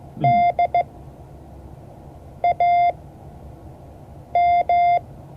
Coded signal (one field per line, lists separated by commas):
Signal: Morse code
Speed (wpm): 15 wpm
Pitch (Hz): 700 Hz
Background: none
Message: DAM